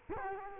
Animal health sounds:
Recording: mosquito wingbeat signal from an infrared sensor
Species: Culex quinquefasciatus

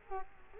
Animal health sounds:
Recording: mosquito wingbeat signal from an infrared sensor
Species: Culex quinquefasciatus

